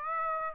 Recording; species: mosquito wingbeat signal from an infrared sensor; Aedes aegypti